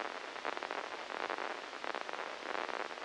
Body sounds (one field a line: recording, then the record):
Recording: brain microelectrode recording played as sound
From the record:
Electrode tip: inside the subthalamic nucleus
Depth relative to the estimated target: -3 mm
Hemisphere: left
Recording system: NeuroSet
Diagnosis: Parkinson's disease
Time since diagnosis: 9 years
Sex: female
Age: 51 years